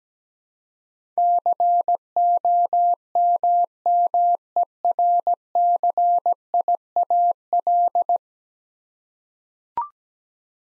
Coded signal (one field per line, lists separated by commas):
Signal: Morse code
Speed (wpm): 17 wpm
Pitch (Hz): 700 Hz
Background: none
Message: COMMERCIAL